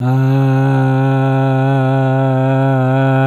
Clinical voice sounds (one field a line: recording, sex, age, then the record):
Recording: sustained vowel /a/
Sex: male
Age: 70 to 79 years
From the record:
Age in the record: 78 years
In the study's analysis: included